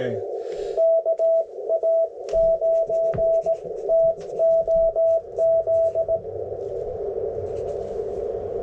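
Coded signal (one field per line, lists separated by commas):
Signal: Morse code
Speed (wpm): 18 wpm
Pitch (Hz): 660 Hz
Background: speech, radio noise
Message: KA9TOZ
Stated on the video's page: Morse from a Parks On The Air activation in a national forest, logged with a keyboard connected to a phone.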